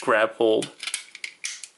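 Someone talks while pushing the plastic leg or ankle tabs of a Mastermind Creations R-11 Seraphicus Prominon transforming action figure back into the slots under its roof section. Two loud, sharp plastic clicks follow at 1.2 s and 1.5 s, with fainter ticks around them. The tabs seat and the slots grab hold.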